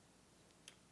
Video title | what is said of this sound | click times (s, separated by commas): Husqvarna Viking Designer Epic 3 How to Insert the Bobbin | and you'll hear a little click that click goes right into the rest of the bobin tension | 0.7 s